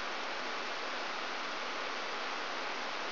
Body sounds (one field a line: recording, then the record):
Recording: brain microelectrode recording played as sound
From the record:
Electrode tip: outside the subthalamic nucleus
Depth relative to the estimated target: 4 mm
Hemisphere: right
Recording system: AlphaMap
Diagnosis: Parkinson's disease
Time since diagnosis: 20 years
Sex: female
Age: 65 years